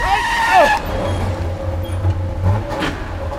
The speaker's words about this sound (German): Das Auto war im letzten Moment ausgewichen.